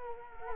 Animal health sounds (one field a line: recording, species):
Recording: mosquito wingbeat signal from an infrared sensor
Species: Culex quinquefasciatus